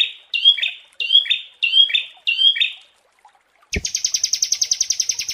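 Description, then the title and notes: Prinia song: four loud chirping phrases in quick succession, then a pause and a fast buzzy, rattling trill of rapid high pulses. Prenjak song used as a masteran (bird-training) and therapy recording. "Masteran Terapi Prenjak. Burung Prenjak"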